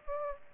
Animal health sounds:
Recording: mosquito wingbeat signal from an infrared sensor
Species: Aedes aegypti

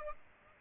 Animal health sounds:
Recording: mosquito wingbeat signal from an infrared sensor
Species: Aedes aegypti

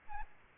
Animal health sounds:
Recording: mosquito wingbeat signal from an infrared sensor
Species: Aedes albopictus

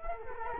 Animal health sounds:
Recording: mosquito wingbeat signal from an infrared sensor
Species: Culex quinquefasciatus

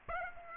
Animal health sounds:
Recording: mosquito wingbeat signal from an infrared sensor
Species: Aedes aegypti

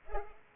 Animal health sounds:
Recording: mosquito wingbeat signal from an infrared sensor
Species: Culex pipiens

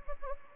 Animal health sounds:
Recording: mosquito wingbeat signal from an infrared sensor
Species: Anopheles gambiae

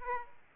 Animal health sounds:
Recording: mosquito wingbeat signal from an infrared sensor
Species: Aedes aegypti

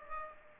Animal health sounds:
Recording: mosquito wingbeat signal from an infrared sensor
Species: Aedes aegypti

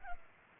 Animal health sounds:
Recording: mosquito wingbeat signal from an infrared sensor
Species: Culex pipiens

